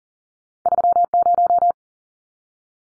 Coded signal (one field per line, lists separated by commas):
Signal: Morse code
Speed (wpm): 40 wpm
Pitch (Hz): 700 Hz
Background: none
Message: 30